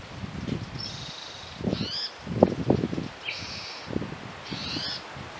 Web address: lbrc spto 192 conover